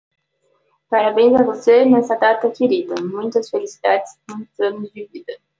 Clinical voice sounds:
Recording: short text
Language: Brazilian Portuguese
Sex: female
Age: 20 to 29 years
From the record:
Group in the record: control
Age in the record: 23 years

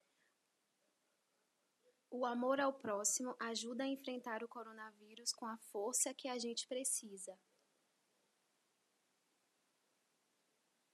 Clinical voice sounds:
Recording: spoken sentence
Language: Brazilian Portuguese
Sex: female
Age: 30 to 39 years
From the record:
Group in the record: control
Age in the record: 31 years

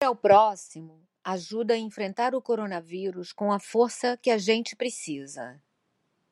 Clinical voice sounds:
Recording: spoken sentence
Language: Brazilian Portuguese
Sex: female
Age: 60 to 69 years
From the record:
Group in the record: control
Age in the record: 61 years

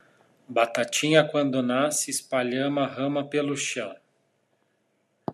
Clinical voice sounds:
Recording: short text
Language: Brazilian Portuguese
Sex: male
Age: 40 to 49 years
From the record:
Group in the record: control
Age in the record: 40 years

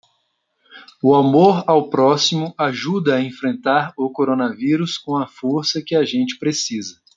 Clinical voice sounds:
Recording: spoken sentence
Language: Brazilian Portuguese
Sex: male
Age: 30 to 39 years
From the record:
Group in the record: control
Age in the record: 35 years

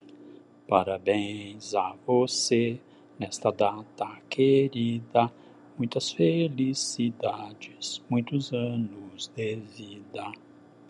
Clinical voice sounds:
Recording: short text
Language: Brazilian Portuguese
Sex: male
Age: 60 to 69 years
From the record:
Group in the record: control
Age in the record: 64 years

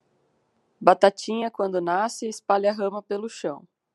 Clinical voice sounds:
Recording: short text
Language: Brazilian Portuguese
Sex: female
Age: 30 to 39 years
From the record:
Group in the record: control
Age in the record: 31 years

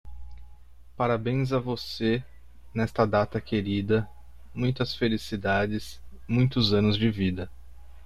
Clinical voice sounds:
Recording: short text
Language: Brazilian Portuguese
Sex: male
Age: 30 to 39 years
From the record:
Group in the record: control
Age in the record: 31 years

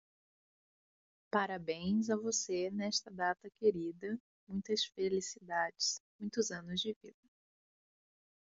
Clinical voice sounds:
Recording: short text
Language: Brazilian Portuguese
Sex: female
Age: 20 to 29 years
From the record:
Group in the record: control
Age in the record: 21 years

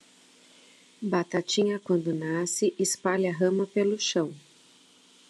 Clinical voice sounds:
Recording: short text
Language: Brazilian Portuguese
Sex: female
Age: 40 to 49 years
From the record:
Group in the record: control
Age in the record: 48 years

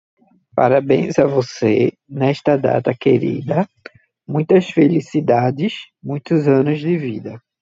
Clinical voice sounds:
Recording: short text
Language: Brazilian Portuguese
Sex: male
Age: 30 to 39 years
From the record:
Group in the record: control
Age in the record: 34 years

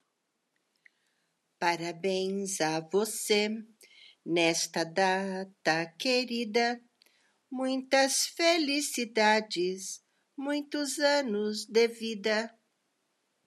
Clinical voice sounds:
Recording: short text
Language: Brazilian Portuguese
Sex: female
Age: 60 to 69 years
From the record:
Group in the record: control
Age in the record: 64 years

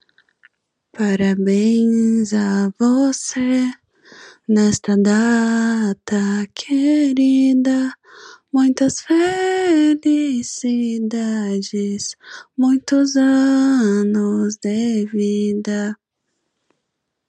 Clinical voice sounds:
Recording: short text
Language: Brazilian Portuguese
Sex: female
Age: 20 to 29 years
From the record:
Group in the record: control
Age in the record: 22 years

